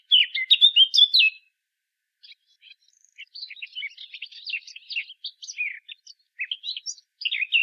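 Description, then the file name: Eurasian blackcap giving a loud rich warble, then a pause, then a softer, longer run of quick chattering and whistled notes that strengthens again at the end. "Sylvia atricapilla"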